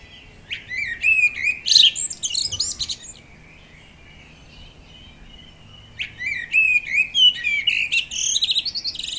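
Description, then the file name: Common blackbird song in two phrases several seconds apart, each opening with mellow warbled notes and finishing in shrill, scratchy twittering. "Turdus merula"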